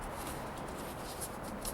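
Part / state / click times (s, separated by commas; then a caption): radiator hose spring clamp locking tab / not seated / none. A radiator hose spring clamp with a locking tab on a 2008 Ford Explorer 4.0 is squeezed toward its lock point during a thermostat and water pump replacement, so the clamp will latch open and stay loose. Only a steady, low rustling handling noise is heard, with faint brief scrapes and no distinct click. The clamp is still being handled and nothing has clicked into place yet.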